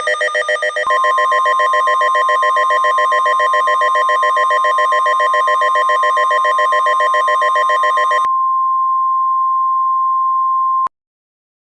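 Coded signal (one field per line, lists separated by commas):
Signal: Emergency Alert System (SAME) tones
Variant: 1050 Hz attention tone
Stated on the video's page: Fictional EAS scenario, remastered version.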